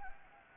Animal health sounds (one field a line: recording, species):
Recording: mosquito wingbeat signal from an infrared sensor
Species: Anopheles gambiae